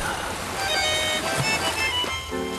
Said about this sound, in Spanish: Trae los sonidos del río hasta vos.